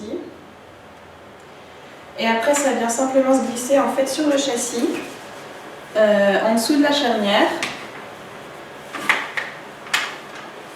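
A plastic car-seat adapter is handled at a stroller chassis, to be slid on below the hinge with its clamp closed on the frame, while someone talks. Two short knocks of handling come near 9.0 s and 9.9 s, but nothing has seated or clicked yet.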